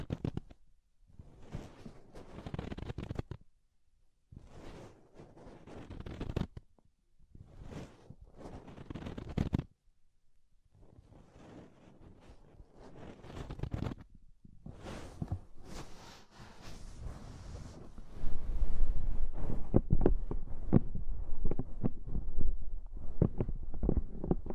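Soft fluffy ASMR rubbing in bursts with pauses between, rustling and brushing, growing denser and more constant with low thumps after eighteen seconds.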